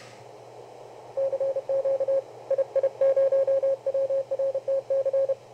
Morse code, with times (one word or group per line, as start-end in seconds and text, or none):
1.2-2.2 CQ
2.5-5.3 II0WRTC